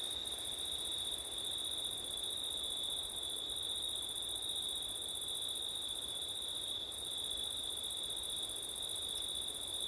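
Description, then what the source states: Chorus of crickets, continuous high trilling at a fixed pitch with brief tiny dropouts, over a muted wind noise. Crickets on a windy September night; labelled ortif.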